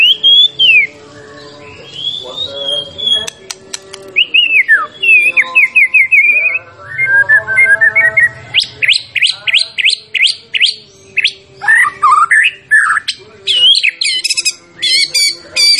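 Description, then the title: White-rumped shama song: long whistled phrases, then a steady series of sharp descending notes and varied loud flourishes, delivered at a rapid pace. Champion bird; recording used for song training (masteran). "Masteran Murai Batu Juara"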